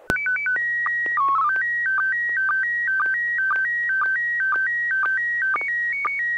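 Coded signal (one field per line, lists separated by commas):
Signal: SSTV (slow-scan television)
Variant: PD 120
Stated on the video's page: Weekly amateur SSTV net on a 441.300 MHz FM repeater, images exchanged using MMSSTV software.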